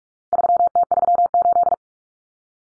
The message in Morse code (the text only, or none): 3T38